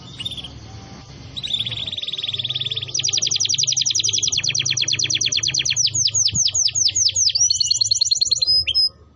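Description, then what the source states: Canary song building from a soft buzzy trill into loud, rapid runs of high repeated notes that slow into separate sweeping whistles before a final fast trill, over a steady low hum. Canary song used as a lure to attract birds.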